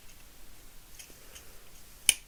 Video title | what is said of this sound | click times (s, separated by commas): Studio Series Brawl Fix Kibble Fix #19 | There we go, all that snapped into place. | 2.1 s